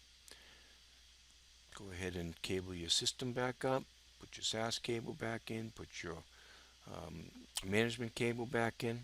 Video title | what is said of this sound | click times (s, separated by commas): Dell Storage Unity XT: Remove/Install Embedded IO Module | push it in all the way, and then put your lever in all the way, and you'll feel a little click in there, and it should be snug and secure in the chassis. | 0.3 s